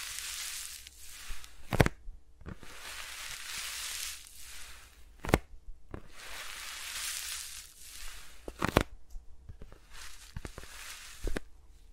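Fingers rub and brush around microphones in slow, airy swells, each lasting a second or two and rising to a bright hiss. Sharp taps and clicks cut in every few seconds, around 2, 5, 9 and 11 seconds, over a faint steady low hum.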